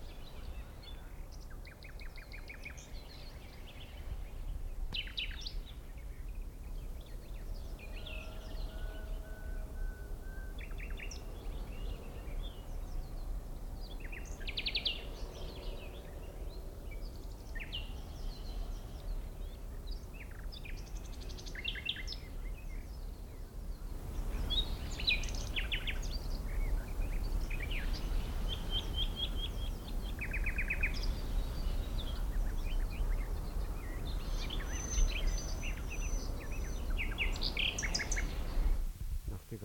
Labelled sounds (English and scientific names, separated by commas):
Common Nightingale (Luscinia megarhynchos)